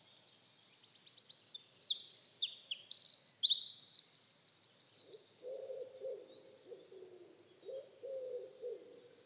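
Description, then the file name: Eurasian wren song, a piercing burst of rapid high notes and trills lasting about five seconds, followed by faint low cooing phrases. "Troglodytes troglodytes"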